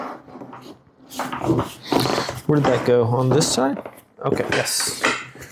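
A plastic side panel is being handled on a Jollying Pebble 20" Lite collapsible carry-on suitcase, with someone talking while finding the matching side of the suitcase frame to fold it into. A brief soft knock is heard near 0.5 s amid the talking. Nothing has seated or clicked yet; the clip ends just before the panel goes home.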